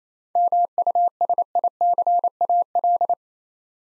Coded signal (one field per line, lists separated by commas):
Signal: Morse code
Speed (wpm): 28 wpm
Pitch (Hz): 700 Hz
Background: none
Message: MUSICAL